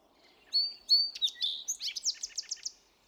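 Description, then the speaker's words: Song sparrow song: a couple of clear, high introductory notes, then a rapid run of buzzy chips and twittering notes ending in a quick trill, in a quiet background. Recorded in the Carmen Valley, Sierra, California. "That's a song sparrow recorded at the Carmen Valley"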